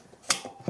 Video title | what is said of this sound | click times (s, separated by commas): New CZ P10c Ported Full Gun Review | Now it's snapped into place, | 0.3 s